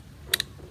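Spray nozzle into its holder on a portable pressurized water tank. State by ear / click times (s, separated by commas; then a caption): seated / 0.3 s, 0.4 s. A hand-held spray nozzle is clicked back into its holder on a Rinse Kit portable pressurized rinse tank. Two sharp clicks land at 0.3 s and 0.4 s over a low background hum, and the nozzle is seated firmly in its mount.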